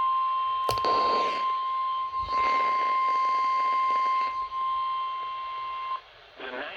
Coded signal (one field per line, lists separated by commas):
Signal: Emergency Alert System (SAME) tones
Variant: 1050 Hz attention tone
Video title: UNRELENTING STORMS... EAS Alerts from 7/12-7/13/21 (EAS #417-464)